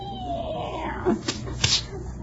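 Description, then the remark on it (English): A female cat yowls angrily in a drawn-out, wavering cry that slides downward in pitch, followed by a few short, sharp bursts of hissing noise. “And what's she mad about?”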